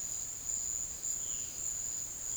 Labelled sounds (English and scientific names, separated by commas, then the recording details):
none
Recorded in secondary vegetation near Puerto Asís, Putumayo, Colombia, on 24 March 2025 at 13:30
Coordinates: 0.489, -76.322
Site G042